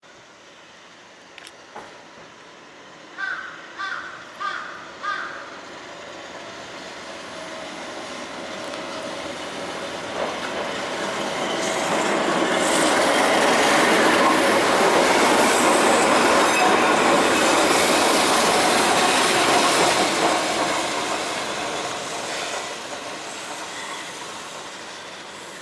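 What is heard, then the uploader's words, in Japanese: A train on the Ishizaka Line passes between Hamaotsu and Miidera. Early on, a few short ringing tones repeat around three to five seconds, then the rumble of the train swells from about ten seconds, peaks near fifteen to twenty, and fades. 石坂線 浜大津～三井寺。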